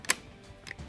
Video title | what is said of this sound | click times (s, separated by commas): Weihrauch HW95 Field Pro - AIRGUN REVIEW | that click the catch now has it it's cocked the spring is set but i'm gonna keep my hand right here | 0.1 s